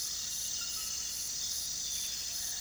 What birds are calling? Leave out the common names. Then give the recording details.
none. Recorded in pastures near Puerto Asís, Putumayo, Colombia, on 18 February 2024 at 04:30. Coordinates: 0.466, -76.323. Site G6384